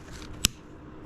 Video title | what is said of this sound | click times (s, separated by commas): 2011-2016 Hyundai Elantra Headlight Replacement - Beginner Friendly! | slide it over until you hear the click, | 0.4 s